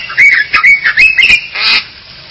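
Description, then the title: Bali myna calls: a few harsh, nasal squawking notes with whistled overtones in quick succession, ending in a rough burst. "Jalak Bali"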